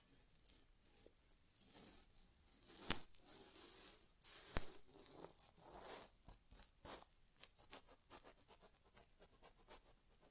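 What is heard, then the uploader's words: Soft rubbing and scratching close to a microphone for an ASMR inner ear exam, with no talking. Bright hissy strokes swell and fade unevenly, with two sharp clicks near three and four and a half seconds, then shorter, faster scraping pulses toward the end. ASMR Inner Ear Exam (No Talking).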